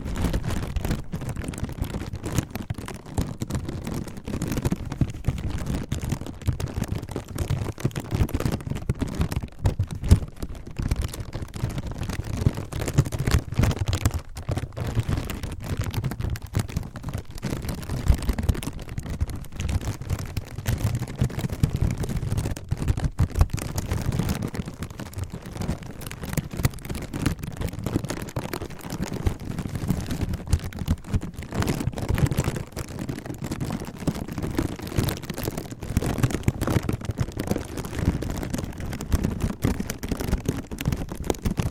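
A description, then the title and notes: Gentle crinkling continues for the whole stretch, a soft, dense rustle made of many small crackles rather than distinct taps. Most of the sound sits low and muffled, with faint brighter specks on top. The level stays fairly even, with brief louder bursts around ten and twenty-three seconds. ASMR Slow & Gentle Crinkle Triggers. (No Talking).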